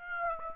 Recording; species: mosquito wingbeat signal from an infrared sensor; Aedes aegypti